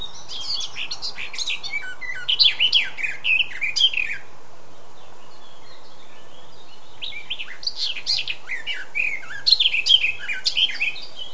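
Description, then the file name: Eurasian blackcap song, two warbled phrases of rising and falling whistles with scratchy notes, a quieter gap between. "Sylvia atricapilla"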